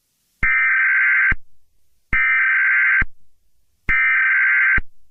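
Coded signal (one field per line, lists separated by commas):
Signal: Emergency Alert System (SAME) tones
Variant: header bursts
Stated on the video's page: Fictional analog horror EAS scenario.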